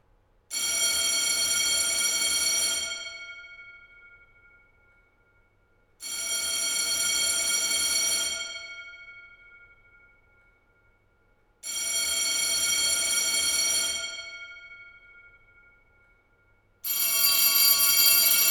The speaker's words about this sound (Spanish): Despierto y recuerdo que tengo que apagar esa alarma los sábados.